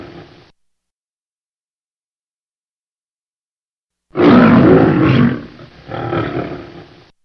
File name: Lion